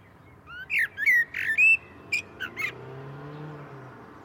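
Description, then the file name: Common blackbird sings a short run of fluty and squeaky notes, followed by a faint low hum. "Turdus merula"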